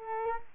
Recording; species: mosquito wingbeat signal from an infrared sensor; Culex quinquefasciatus